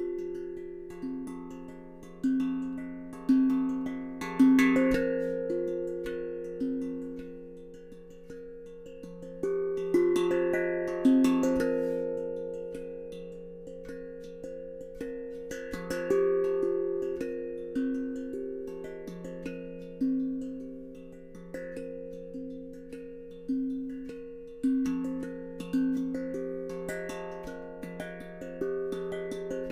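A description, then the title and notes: A tone drum is played in a slow, melodic pattern, each struck note ringing out and fading before the next. The notes sit in a warm middle register and often overlap into sustained chords, with brighter strikes around five, eleven and sixteen seconds. The Cloth Magician Playing a Tone Drum. The one that I am playing is an F Minor. Sound recording of a Tone Drum.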